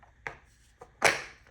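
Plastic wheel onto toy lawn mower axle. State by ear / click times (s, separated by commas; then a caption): seated / 0.3 s. A plastic wheel is slid straight onto the axle of a toddler's bubble lawn mower and pushed down until it snaps into place at 0.3 s, done so the snap can be heard. A softer tick follows at 0.8 s, then a louder, longer rattling burst starts around 1.0 s and fades by about 1.5 s. The wheel is confirmed seated on the axle.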